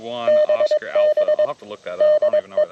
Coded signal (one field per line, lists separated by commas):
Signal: Morse code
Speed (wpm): 22 wpm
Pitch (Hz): 610 Hz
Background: speech, radio noise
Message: BB DE